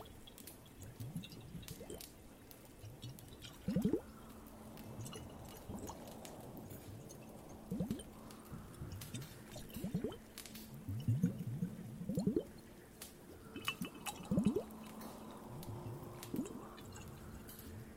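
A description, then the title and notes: Close water sounds from an ear massage: soft squishing, dripping and sloshing strokes repeat in an irregular rhythm, with sharper wet bursts near 4, 8, 12 and 14 seconds. A faint steady hiss and light crackle run underneath, and a low hum sometimes rises. Ear Massage, Water Sounds, and Fireplace.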